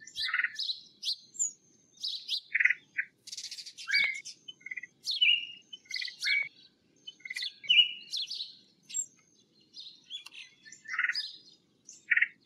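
Red-headed woodpecker giving rough, buzzy calls repeated every second or two, with higher chirpy notes in between.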